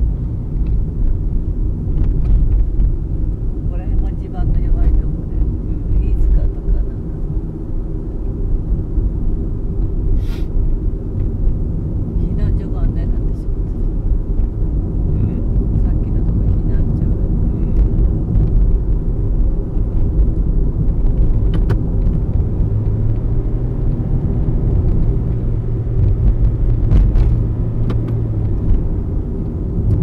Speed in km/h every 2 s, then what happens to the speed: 32, 32, 38, 39, 40, 39, 39, 41, 45, 46, 51, 47, 46, 41, 43.
0-7 speeds up to 40. 7-15 steady at about 39. 15-20 speeds up to 51. 20-26 slows to 41.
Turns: none.